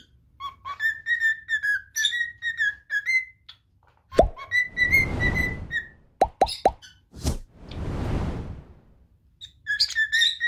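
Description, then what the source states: Cockatiel giving short whistled phrases with overtones, interrupted by clicks, thumps and rushing, breathy noise. More than one cockatiel, whistling song.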